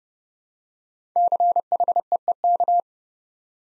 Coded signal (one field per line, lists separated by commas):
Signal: Morse code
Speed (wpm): 30 wpm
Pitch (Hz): 700 Hz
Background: none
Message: CHEEK